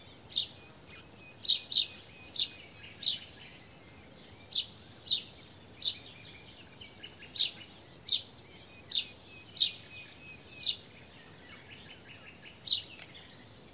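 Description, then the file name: House sparrow giving a steady series of bright chirps against a persistent high whine. "Passer domesticus"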